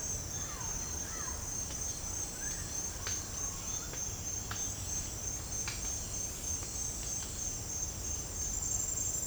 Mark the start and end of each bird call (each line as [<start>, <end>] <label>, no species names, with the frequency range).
[0.44, 1.37] bird call (0.5-2.5 kHz)
[2.26, 2.65] bird call (0.9-2.1 kHz)